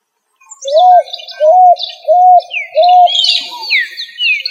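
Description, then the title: Pigeon calling with four arched, hooting notes at a steady pace, while other small birds chirp and whistle above. "ColumbidaePomba"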